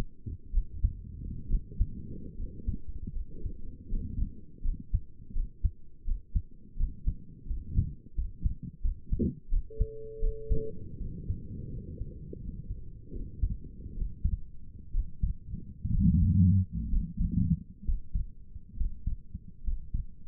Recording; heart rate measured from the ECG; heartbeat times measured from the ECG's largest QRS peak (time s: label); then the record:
heart sounds by stethoscope; 75 bpm
0.53 s: heartbeat
1.49 s: heartbeat
2.37 s: heartbeat
3.15 s: heartbeat
3.91 s: heartbeat
4.64 s: heartbeat
5.35 s: heartbeat
6.07 s: heartbeat
6.79 s: heartbeat
7.49 s: heartbeat
8.17 s: heartbeat
8.84 s: heartbeat
9.51 s: heartbeat
10.22 s: heartbeat
11.00 s: heartbeat
11.72 s: heartbeat
12.42 s: heartbeat
13.15 s: heartbeat
13.96 s: heartbeat
14.94 s: heartbeat
15.93 s: heartbeat
16.91 s: heartbeat
17.86 s: heartbeat
18.77 s: heartbeat
19.64 s: heartbeat
From the record:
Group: healthy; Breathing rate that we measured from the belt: 13 breaths a minute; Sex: male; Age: 22 years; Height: 181 cm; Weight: 79 kg